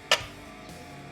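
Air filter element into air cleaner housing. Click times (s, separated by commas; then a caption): 0.1 s. An air filter element is squeezed and pushed down into its housing in the air cleaner of an S10 truck. A single sharp, bright snap sounds at 0.1 s, then low steady background for the rest of the clip. The element pops into place and is locked in.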